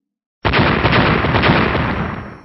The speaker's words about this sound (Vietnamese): Giữa không trung lập tức vang lên tiếng nổ mãnh liệt, vô số hồ quang điện màu bạc từ cơ thể của hắn bắn ra, lập tức hình thành một trận pháp lôi quang lập lòe ánh sáng bạc xung quanh hắn.